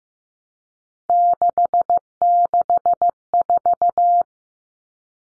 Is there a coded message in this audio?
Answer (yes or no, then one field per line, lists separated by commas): yes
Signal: Morse code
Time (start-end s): 1.1-4.2 s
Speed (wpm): 15 wpm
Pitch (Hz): 700 Hz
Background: none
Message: 664